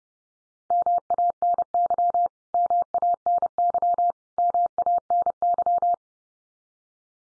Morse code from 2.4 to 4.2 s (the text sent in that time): MANY